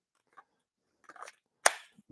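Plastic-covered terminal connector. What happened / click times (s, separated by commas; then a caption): The quick-release terminal clicked into place / 1.7 s. A quick-release covered battery terminal for a Miata, the correct unit after the wrong one was tried first, is pushed home into its mating connector. A few faint handling knocks come around 0.4 s and between 1.1 and 1.3 s, then a sharp, loud click at 1.7 s marks the terminal seating in.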